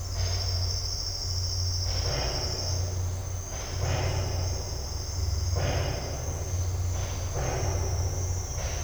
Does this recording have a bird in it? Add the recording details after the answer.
no. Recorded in dense forest near Puerto Asís, Putumayo, Colombia, on 8 March 2025 at 09:30. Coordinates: 0.468, -76.322. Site GP01